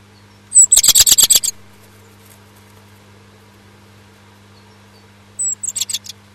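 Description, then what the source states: Bird calls: a quick burst of very high, sharp chirping notes lasting about a second, then quiet, then a shorter burst near the end, over a steady low hum. Recorded at a nest box on 16 May 2005 at 20:15.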